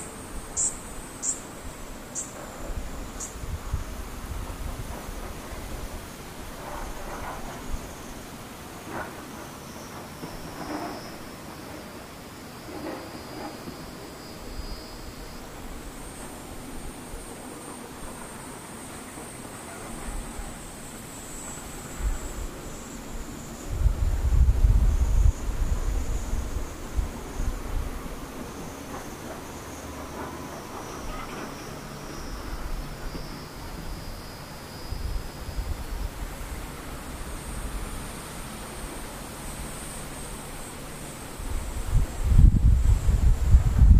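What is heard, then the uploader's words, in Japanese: A cicada keeps up a thin, very high-pitched whine through the whole clip, its pitch slowly drifting and wavering, with a few short chirps at the start. Low wind rumbles break in around the middle and again near the end. トリ無音セミ。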